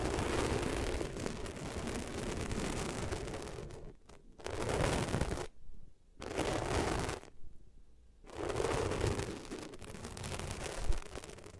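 Ears rubbed against different materials make dense, rough scraping and muffled rumbling that fills the whole range from low to high. Rubbing comes in long bursts, stopping suddenly for silent gaps around 4, 6 and 8 seconds before starting again.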